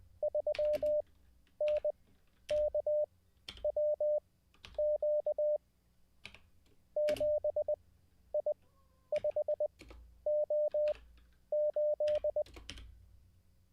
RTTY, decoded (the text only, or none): none